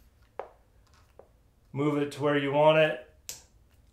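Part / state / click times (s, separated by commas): tripod leg angle stop in tripod hub / seated / 3.3 s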